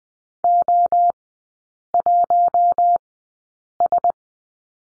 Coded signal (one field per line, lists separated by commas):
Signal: Morse code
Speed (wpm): 20 wpm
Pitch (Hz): 700 Hz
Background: none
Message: O1S